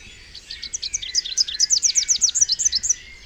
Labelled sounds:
Rufous-capped Warbler song
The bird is a male
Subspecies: rufifrons
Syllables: 22
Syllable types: 7
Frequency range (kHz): 2.6-8.1 kHz
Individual FV-OSO-M

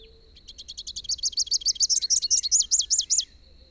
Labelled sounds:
Rufous-capped Warbler song
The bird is a male
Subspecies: rufifrons
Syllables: 29
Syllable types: 6
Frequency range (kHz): 2.4-7.5 kHz
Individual YA-YRS-M

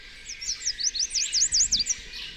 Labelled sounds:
Chestnut-capped Warbler song
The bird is a male
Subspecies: delattrii
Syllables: 10
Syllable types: 6
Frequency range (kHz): 3.4-8.9 kHz
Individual FV-BWS-M

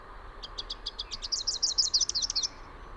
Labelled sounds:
Rufous-capped Warbler song
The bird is a male
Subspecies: rufifrons
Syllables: 16
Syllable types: 5
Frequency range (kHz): 2.6-7.6 kHz
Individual YA-R15-M

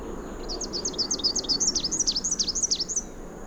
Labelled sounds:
Rufous-capped Warbler song
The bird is a male
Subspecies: rufifrons
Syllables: 22
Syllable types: 6
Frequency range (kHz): 2.6-8.3 kHz
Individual AR-GSN-M

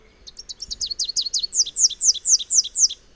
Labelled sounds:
Rufous-capped Warbler song
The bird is a male
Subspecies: rufifrons
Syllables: 21
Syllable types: 5
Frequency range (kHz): 2.8-8.1 kHz
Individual FV-R02-M

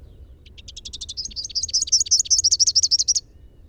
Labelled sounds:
Rufous-capped Warbler song
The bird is a male
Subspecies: rufifrons
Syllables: 31
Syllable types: 5
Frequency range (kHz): 2.6-6.8 kHz
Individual SP-R16-M

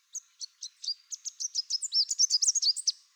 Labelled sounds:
Chestnut-capped Warbler song
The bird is a male
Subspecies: delattrii
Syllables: 19
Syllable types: 16
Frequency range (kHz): 3.7-8.4 kHz
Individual CR-NRS-M

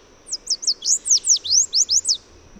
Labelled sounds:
Chestnut-capped Warbler song
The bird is a male
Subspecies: delattrii
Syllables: 10
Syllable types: 7
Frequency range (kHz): 3.0-8.7 kHz
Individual MA-RRS-M

